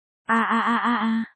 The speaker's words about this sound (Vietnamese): lúc này Thanh Minh Quỷ Tướng đang không ngừng giãy giụa giữa hư không, tiếng quỷ khóc của hắn liên tục vang lên.